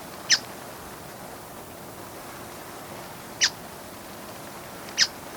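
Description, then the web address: Buff-browed foliage-gleaner uttering three short, sharp chek notes, the first followed by a three-second pause, the last two closer together. Recorded in Ecuador. "Birds of Ecuador. Buff-browed Foliage-gleaner"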